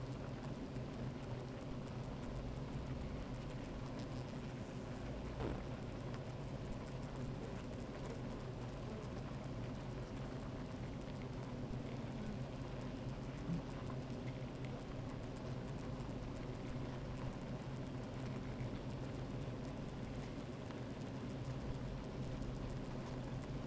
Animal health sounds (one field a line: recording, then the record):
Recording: honeybee colony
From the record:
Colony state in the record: active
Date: 28 July 2017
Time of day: 13:18